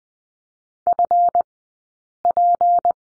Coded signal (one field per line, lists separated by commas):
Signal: Morse code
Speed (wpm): 20 wpm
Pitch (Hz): 700 Hz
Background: none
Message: FP